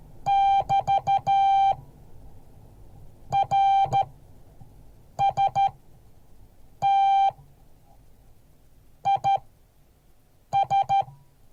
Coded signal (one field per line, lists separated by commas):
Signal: Morse code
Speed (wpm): 13 wpm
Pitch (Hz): 790 Hz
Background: none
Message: <BT> RST IS